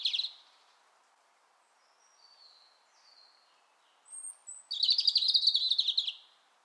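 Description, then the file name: European robin song: a short warble, soft faint notes, then a thin high whistle and a fast even trill lasting over a second. "Erithacus rubecula"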